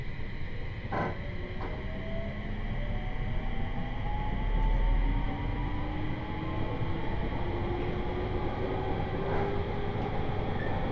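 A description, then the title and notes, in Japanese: A Tōhoku Main Line train runs steadily with a low rumble and rising whine, brief clacks near one and nine seconds, louder around five. 東北本線下り 北上→盛岡。701系4両編成。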